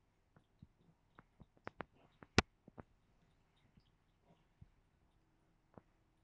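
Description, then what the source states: Domestic cat: kitten lapping water: soft, irregular wet clicks and ticks in near silence, with one sharper click partway through. A kitten drinking water.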